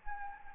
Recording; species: mosquito wingbeat signal from an infrared sensor; Anopheles arabiensis